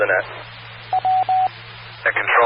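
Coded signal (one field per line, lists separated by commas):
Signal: none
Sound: repeater courtesy tone beeps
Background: speech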